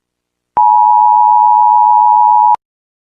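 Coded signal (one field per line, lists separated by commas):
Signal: Emergency Alert System (SAME) tones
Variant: 853 and 960 Hz attention tone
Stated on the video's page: Fake EAS alert tones in an April Fools volcano eruption prank.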